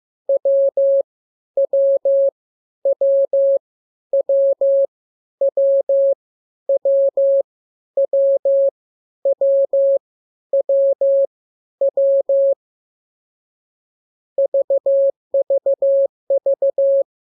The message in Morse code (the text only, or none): W W W W W W W W W W VVV